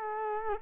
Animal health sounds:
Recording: mosquito wingbeat signal from an infrared sensor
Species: Culex quinquefasciatus

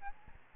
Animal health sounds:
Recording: mosquito wingbeat signal from an infrared sensor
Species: Aedes albopictus

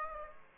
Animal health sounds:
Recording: mosquito wingbeat signal from an infrared sensor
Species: Aedes aegypti

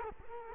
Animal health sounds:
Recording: mosquito wingbeat signal from an infrared sensor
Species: Culex quinquefasciatus

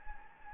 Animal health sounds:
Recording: mosquito wingbeat signal from an infrared sensor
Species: Anopheles gambiae

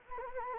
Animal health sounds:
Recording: mosquito wingbeat signal from an infrared sensor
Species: Anopheles gambiae

